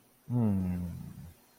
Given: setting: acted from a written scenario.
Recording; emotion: vocal sound without words; pride